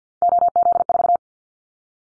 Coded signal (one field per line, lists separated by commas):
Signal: Morse code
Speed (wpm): 48 wpm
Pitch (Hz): 700 Hz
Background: none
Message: OZ4